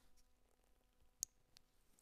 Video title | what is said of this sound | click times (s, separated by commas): MK Indy RX-5 Kit Car - Installing a Mazda MX-5 Wiring Loom - Part 2 | that click that's seated at home so pin six is the indicator now | 1.2 s